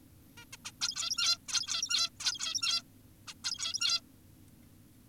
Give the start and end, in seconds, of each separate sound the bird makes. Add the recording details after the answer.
0.38-0.45, 0.53-0.57, 0.65-0.72, 0.82-1.38, 1.48-2.10, 2.20-2.82, 3.28-3.34, 3.44-4.01. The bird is an adult. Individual g17y2U